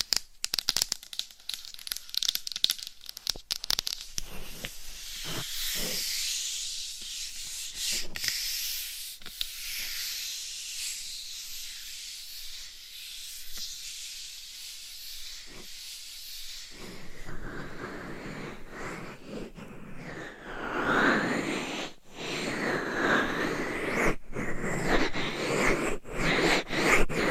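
Scratching and tapping on a dummy head microphone, with dense, bright scratchy rustling and frequent sharp taps through the first half. Around seventeen seconds the sound changes to a fuller, lower, muffled rubbing, as if through a different cover, with sweeping textured strokes.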